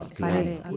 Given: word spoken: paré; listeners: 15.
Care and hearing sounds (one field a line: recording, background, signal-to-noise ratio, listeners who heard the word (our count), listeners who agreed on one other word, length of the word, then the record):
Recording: one Spanish word in noise, from a listening test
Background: four-talker babble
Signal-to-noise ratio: 0.9 dB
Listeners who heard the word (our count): 1 of 15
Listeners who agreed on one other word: 10 of 15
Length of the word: 0.37 s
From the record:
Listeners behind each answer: 10, 1, 1, 1, 1, 1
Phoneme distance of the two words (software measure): 7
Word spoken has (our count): 2 syllables, 4 phonemes, stress on syllable 2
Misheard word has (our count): 2 syllables, 5 phonemes, stress on syllable 2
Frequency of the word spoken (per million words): 1.69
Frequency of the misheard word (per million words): 44.55